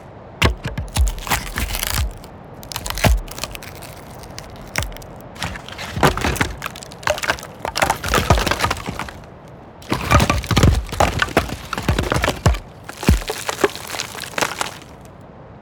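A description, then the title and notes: Wood and brush crack, creak and snap in dense clustered bursts, with sharp splintering hits around one, three, ten and thirteen seconds. Active stretches alternate with brief quieter gaps of rustling handling, all crisp, with a faint outdoor hush beneath. From breaking, creaking, cracking, handling and falling sounds, to subtle leaf crunches, rustling foliage and wood impacts. Forest sound effects.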